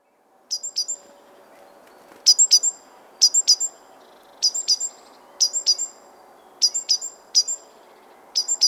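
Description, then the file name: Great tit giving clipped, high, ringing notes in twos and threes, the groups repeated roughly every second. "Parus major"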